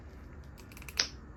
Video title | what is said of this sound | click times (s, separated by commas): Jada Toys Street Fighter II: Dhalsim | yep y'all heard the pop and if you didn't hear the pop you can see it | 1.0 s